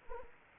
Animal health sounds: mosquito wingbeat signal from an infrared sensor; Anopheles arabiensis

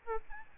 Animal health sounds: mosquito wingbeat signal from an infrared sensor; Aedes albopictus

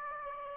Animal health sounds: mosquito wingbeat signal from an infrared sensor; Aedes aegypti

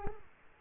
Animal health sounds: mosquito wingbeat signal from an infrared sensor; Culex quinquefasciatus

